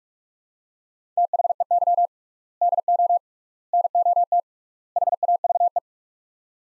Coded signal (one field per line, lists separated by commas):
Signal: Morse code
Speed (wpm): 46 wpm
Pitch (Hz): 700 Hz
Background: none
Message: THEY DO NOT HAVE